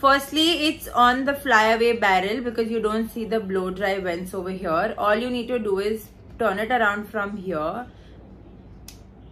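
A woman talks while twisting the fly-away barrel attachment on a copper nickel Dyson Airwrap multistyler hair styler, turning it toward the blow dry position. After she stops speaking, a single sharp click sounds at 8.9 s as the attachment seats and the styler switches into blow dry mode.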